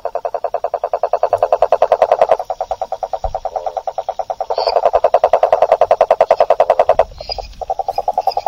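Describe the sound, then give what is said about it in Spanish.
A rococo toad, also called sapo buey, the largest toad in Argentina and weighing about 1.5 kilos, calls in a long, steady series of rapid low pulses, like a small engine idling, with brief pauses before the trilling resumes loudly. “escuchar el siguiente, que es el sapo más grande de Argentina. Es un sapo que en el norte le dicen rococo, sapo güey.”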